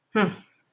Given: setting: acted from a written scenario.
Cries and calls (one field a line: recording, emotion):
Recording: vocal sound without words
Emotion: disappointment